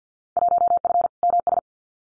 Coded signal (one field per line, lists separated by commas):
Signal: Morse code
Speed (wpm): 50 wpm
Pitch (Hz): 700 Hz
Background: none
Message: 1F MS